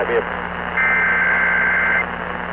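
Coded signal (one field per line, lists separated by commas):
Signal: Emergency Alert System (SAME) tones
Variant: header bursts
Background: speech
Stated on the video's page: Required Monthly Test on broadcast radio in Utah.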